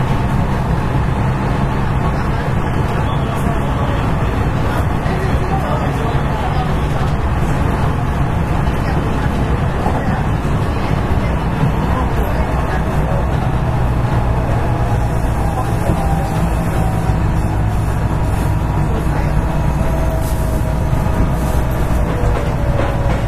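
A ride on the stretch from Amagasaki to Kobe: a steady, dense vehicle rumble runs the whole time, heavy in the low end with a faint whining tone above it. The level barely changes, and murmured voices seem to surface now and then.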